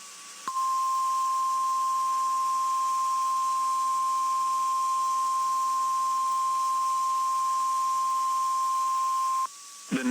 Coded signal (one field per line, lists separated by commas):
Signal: Emergency Alert System (SAME) tones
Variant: 1050 Hz attention tone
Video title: Late April Monthly and Weekly Chaos (EAS #10815-10824) 4/26/23